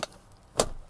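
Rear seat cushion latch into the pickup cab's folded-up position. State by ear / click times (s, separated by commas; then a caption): seated / 0.6 s. The 60/40 folding rear seat cushion in the cab of a 2019 Honda Ridgeline RTL pickup is lifted by its handle into the folded-up position. A short tap at 0.0 s and a faint tick at 0.3 s come before a loud, sharp latch click at 0.6 s. The cushion latches and locks into place in the raised position.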